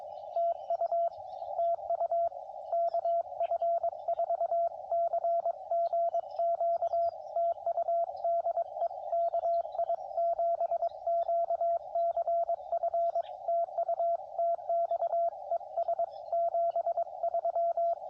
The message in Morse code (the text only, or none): TU TU KF4CGQ TU DE KI7QCF TU TX ES 73